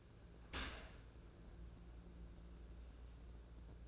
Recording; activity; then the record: daily activity, microphone in the room; open dishwasher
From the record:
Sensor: 2